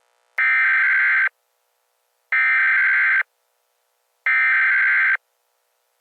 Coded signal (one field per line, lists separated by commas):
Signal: Emergency Alert System (SAME) tones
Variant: header bursts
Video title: EAS scenario zombies